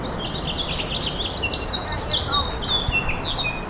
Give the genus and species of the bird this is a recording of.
Haemorhous mexicanus